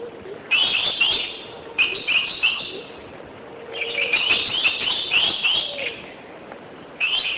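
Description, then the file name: Lorikeet chatter: busy, high, scratchy notes in several runs separated by quieter gaps, with faint lower whistled tones mixed in. "Лори -Лорикет -Попугай -Голоса-птиц"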